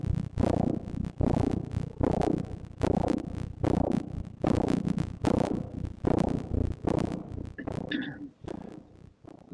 The heartbeat of a baby in the womb.